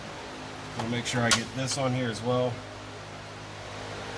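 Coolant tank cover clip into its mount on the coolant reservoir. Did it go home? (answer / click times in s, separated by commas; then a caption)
no / none. A JLT aftermarket cover is being fitted over an engine coolant tank, with one of its clips pushed into its mount on the coolant reservoir. Someone talks over a steady low hum, and no click is heard. The clip has not latched, and nothing has seated or clicked yet.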